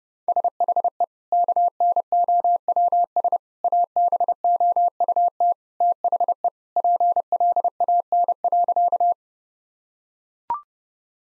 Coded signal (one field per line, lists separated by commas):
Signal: Morse code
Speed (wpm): 32 wpm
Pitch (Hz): 700 Hz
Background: none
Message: SHE KNOWS ABOUT THE PLAN.